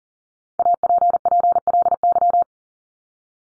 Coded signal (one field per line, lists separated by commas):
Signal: Morse code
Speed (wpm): 40 wpm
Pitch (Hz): 700 Hz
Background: none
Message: APPLY